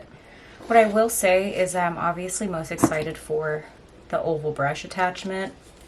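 A plastic oval brush attachment is being handled near the body of a Shark FlexStyle hair dryer multi-styler. Someone talks throughout, and the attachment has not yet seated or clicked into place.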